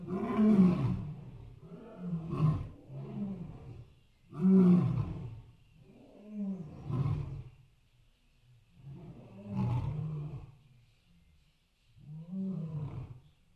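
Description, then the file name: Tiger roaring, deep moaning roars repeated in separate bursts, each swelling and fading, with quiet gaps between. Caged tiger in a zoo, roaring in apparent pain. "Tiger roaring painfully in zoo cage"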